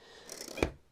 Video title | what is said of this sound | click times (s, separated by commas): A Review of the Rutlands R70 1/2" Router | And then that locks in place. | 0.6 s